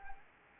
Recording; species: mosquito wingbeat signal from an infrared sensor; Anopheles arabiensis